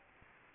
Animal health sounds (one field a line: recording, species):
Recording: mosquito wingbeat signal from an infrared sensor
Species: Anopheles gambiae